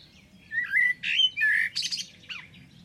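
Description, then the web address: Bird song: a string of clear whistled and warbled notes, some sliding and some buzzy, with softer notes at the end. "Deverinetal. Bird Only"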